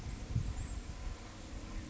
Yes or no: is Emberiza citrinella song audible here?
no